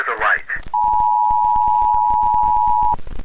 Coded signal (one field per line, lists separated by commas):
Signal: Emergency Alert System (SAME) tones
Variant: 853 and 960 Hz attention tone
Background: speech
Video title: SCP-001: When Day Breaks (EAS Mock Scenario)